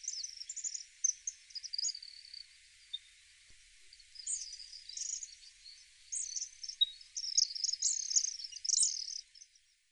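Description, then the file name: White-throated needletail giving high, thin twittering chirps in irregular bursts, with brief quiet gaps between flurries. Recorded at Tsuruoka, Japan, on 21 June 2025. "harioamatsubame 20250621 tsuruoka"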